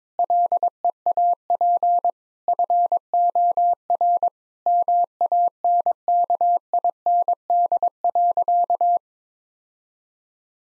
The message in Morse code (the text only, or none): LEAP FOR MANKIND.